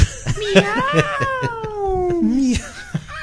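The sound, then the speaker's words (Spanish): A single drawn-out cat meow that rises briefly, then slides slowly downward in pitch for over a second, with short clicks and knocks sounding around it. “¡Miau!”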